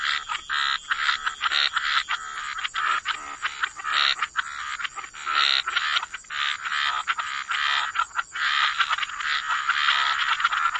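Frog chorus of many grating croaks overlapping in quick bursts, fairly continuous with short breaks, over a constant thin high-pitched tone.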